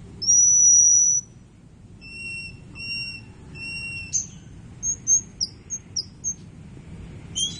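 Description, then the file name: White-crowned forktail giving thin, high whistles: one long steady note, then a run of short evenly spaced whistles, ending in quick sharp chips over a low background hum. "meniinting besar"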